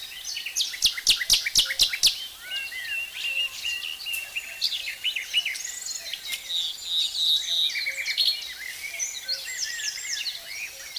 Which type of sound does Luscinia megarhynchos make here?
song